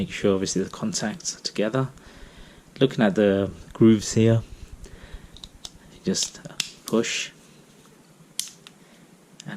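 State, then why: Seated. Someone talks while lining up the contacts and grooves of an Insta360 One R camera lens module with its modular camera frame and battery base. The module is pushed down into the frame, and a sharp click at 8.4 s marks it latching into place, fully seated.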